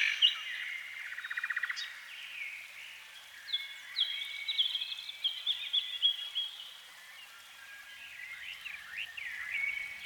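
Canary song, a long varied run of warbling trills, buzzy rattles and sweeping whistled notes, softening for a spell before picking up again.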